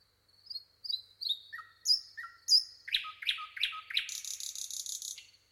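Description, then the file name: Common nightingale song: soft whistles, loud repeated chip notes, then a fast dry rattle at the end. "Luscinia megarhynchos"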